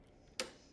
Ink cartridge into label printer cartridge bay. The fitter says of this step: now you'll know it's inserted properly because you'll hear a click and the lever will pop back out